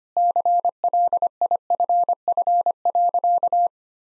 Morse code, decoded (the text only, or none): CLIFF.